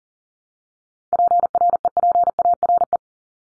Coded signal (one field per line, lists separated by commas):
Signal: Morse code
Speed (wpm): 40 wpm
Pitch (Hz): 700 Hz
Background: none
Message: PREPARE